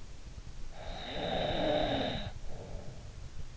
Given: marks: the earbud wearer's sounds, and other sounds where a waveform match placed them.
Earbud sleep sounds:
sounds in sleep by an in-ear microphone; snoring breath
0.22-3.22 s: snoring breath

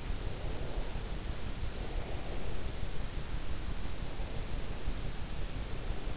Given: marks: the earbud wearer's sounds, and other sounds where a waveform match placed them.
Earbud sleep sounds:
sounds in sleep by an in-ear microphone; breath
0.31-2.58 s: breath

